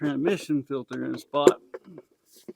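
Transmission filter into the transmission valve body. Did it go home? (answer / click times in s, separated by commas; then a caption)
no / none. Someone talks while positioning a GM automatic transmission filter, its neck heading toward its bore in the transmission valve body. Only a few faint, short ticks follow the talking, the last near 2.5 s. The filter is handled but has not snapped into place or seated yet.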